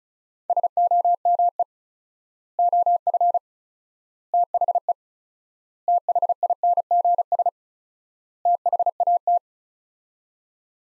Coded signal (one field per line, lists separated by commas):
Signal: Morse code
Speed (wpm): 36 wpm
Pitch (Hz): 700 Hz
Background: none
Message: SOME OF THE THINGS THAT